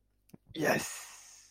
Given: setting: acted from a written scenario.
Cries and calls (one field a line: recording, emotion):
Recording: vocal sound without words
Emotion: triumph